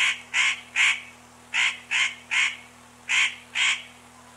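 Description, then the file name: Spotted nutcracker uttering hoarse, grating notes in short bursts of two or three, with brief gaps between bursts. Recorded 25 May 1994. "25 05 94 Nucifraga"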